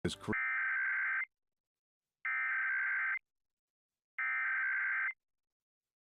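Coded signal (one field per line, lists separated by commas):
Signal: Emergency Alert System (SAME) tones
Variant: header bursts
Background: speech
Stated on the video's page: National EAS test on a public television station, received via satellite TV.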